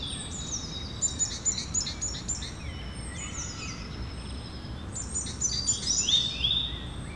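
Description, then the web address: Bird chorus of high twittering and whistled notes, several singers overlapping in quick bursts, with constant low background rumble. Birds recorded in the evening. "Effects 02-Birds, Insects Animals. Birds evening"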